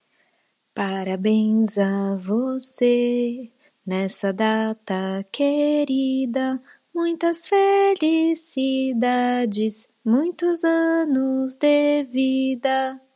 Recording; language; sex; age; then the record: short text; Brazilian Portuguese; female; 40 to 49 years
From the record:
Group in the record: control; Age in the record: 40 years